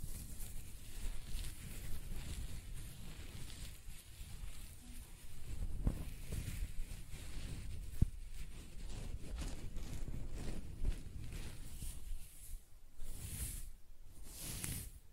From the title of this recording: Close-Up Hair Sounds - Scratching, Brushing, Stroking